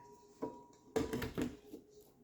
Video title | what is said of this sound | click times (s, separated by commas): Making homemade bread with the Pampered Chef Deluxe Stand Mixer, Part 1 | Get that locked into place. | 1.0 s